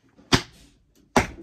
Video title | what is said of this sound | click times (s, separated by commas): Pantry Organization and Inventory for 2023 Garden Planning - Part 1 | Hear it snap. | 1.2 s